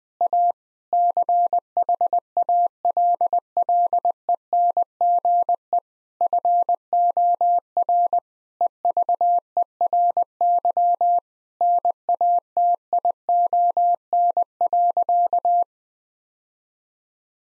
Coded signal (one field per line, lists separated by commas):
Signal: Morse code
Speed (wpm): 20 wpm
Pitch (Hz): 700 Hz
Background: none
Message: A CHALLENGE FOR EVERY NATION.